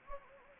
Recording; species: mosquito wingbeat signal from an infrared sensor; Anopheles gambiae